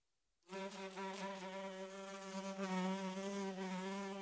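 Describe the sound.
Fly buzz starting abruptly after a short silence, a rich droning hum with stacked overtones.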